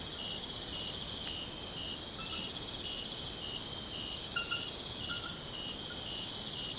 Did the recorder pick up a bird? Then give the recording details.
no. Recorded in secondary vegetation near Puerto Asís, Putumayo, Colombia, on 30 June 2025 at 22:30. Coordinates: 0.500, -76.326. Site GP08